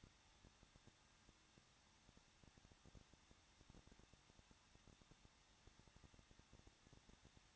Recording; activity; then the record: daily activity, microphone in the room; no activity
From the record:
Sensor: 3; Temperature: 21.2 degrees Celsius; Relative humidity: 36.3%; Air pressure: 1006.3 hPa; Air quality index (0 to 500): 221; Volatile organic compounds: 40 ppm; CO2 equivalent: 3154 ppm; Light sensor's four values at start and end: 2/3/2/2 and 2/3/2/2